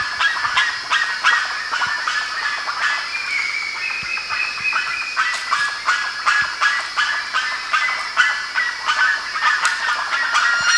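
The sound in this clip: Bird flock calling steadily, many overlapping nasal honks and chatters repeated rapidly throughout, with a few brief rising whistled notes near the middle.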